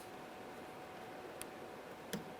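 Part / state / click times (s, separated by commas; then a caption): side mirror wiring connector into door harness plug / seated / 1.4 s. A plastic electrical connector for the side mirror wiring on a 2005-2010 Chevy Cobalt is lined up and latched into its mating harness plug inside the door. Over a steady background hiss, a sharp click at 1.4 s shows the connector seating, and a second, slightly longer click follows at 2.1 s.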